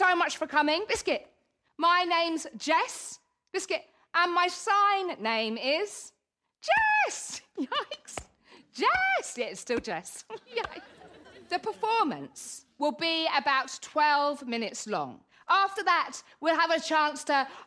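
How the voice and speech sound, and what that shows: A woman gives a clear, fluent welcome, broken by out-of-context interjections: the word "biscuit" twice and a sudden "yikes". These are involuntary vocal tics of Tourette syndrome, noises she cannot control, inserted into otherwise ordinary speech in a small room. "Biscuit" is one of her regular vocal tics; she has had tics since about age 6, intensifying in her early 20s.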